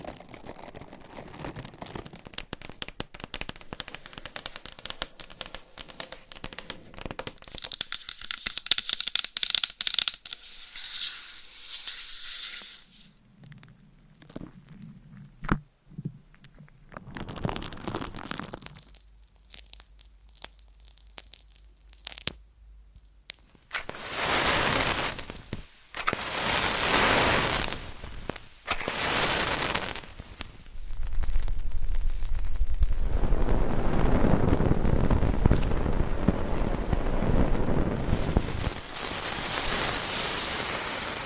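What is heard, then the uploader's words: Scratching and tapping sounds shift in character every few seconds, moving between dry crackly scraping, sharp clicks, and softer brushed textures. Brief near-silent gaps break the sequence around the middle, and the last stretch turns into a louder, dense, hissing scratch. ASMR Scratching & Tapping That Changes Every 5 Seconds ASMR for ADHD - No Talking.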